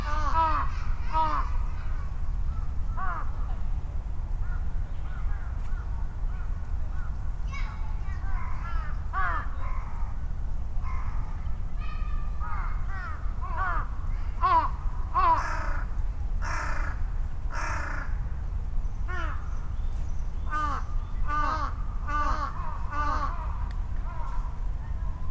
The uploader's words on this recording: Recorded on a Sony PCM-M10 with small omnidirectional mics attached to a bicycle handlebar bag. Noisy crows calling and responding, quiet bush warblers and other birds, children playing and other human sounds heard over the rumble of vehicles and aircraft on a Sunday at noon in Ichimiyake, Yasu City, Shiga Prefecture, Japan. Crows in Ichimiyake.